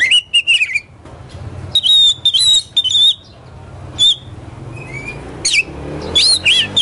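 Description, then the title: Oriental magpie-robin singing clear whistled phrases and sharp chips with brief silences between them, a faint low rumble behind. Kacer poci, a competition bird and national champion, singing gacor with nembak and ngerol styles; the recording plays seven kinds of song, three minutes each, 21 minutes in total. "Kacer Poci Gacor Nembak Dan Ngerol Juara Nasional. 7 macam suara kacer setiap 3 menit"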